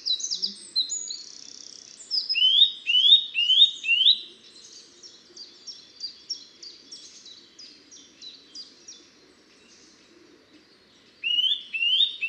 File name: Sitta europaea